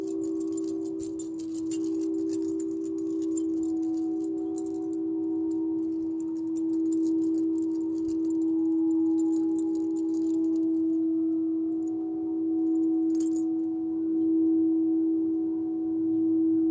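A singing bowl hums steadily through the whole clip, a strong ringing tone around the middle with fainter overtones drifting above it. Light jangling of a bracelet or chimes sparkles high up in bursts, busiest in the first half and again near thirteen seconds.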